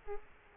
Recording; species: mosquito wingbeat signal from an infrared sensor; Culex quinquefasciatus